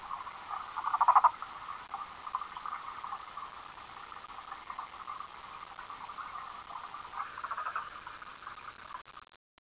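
Frog giving a continuous, rapid pattering trill at a steady mid pitch, louder briefly near the start and stopping abruptly at the end.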